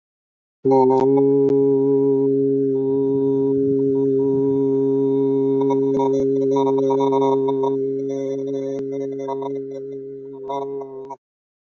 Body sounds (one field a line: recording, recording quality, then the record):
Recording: sustained vowel as in boot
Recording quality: excellent, no background noise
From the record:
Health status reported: healthy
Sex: male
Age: 55 years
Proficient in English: yes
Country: India